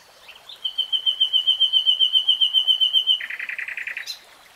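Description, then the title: Nightingale song: a rapid even series of about twenty sharp high whistled notes, switching into a lower buzzy churring rattle. Nightingale singing in real time. "[Tiếng chim hót] 3 Hours REALTIME Nightingale Singing"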